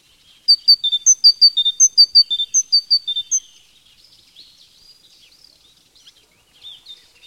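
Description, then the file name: Tit giving a rapid series of clear whistled notes in repeated pitch groups for about three seconds, followed by faint, scattered twittering. "Sonotheque Mesange Radio France"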